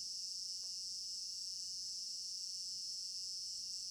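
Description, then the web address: Many crickets chirp at once in an unbroken high shimmer, with a short soft tap early on. Crickets in an African village garden at night; stereo binaural recording. "African-Village Garden Night Crickets Stereo-Binaural. immersive sound library"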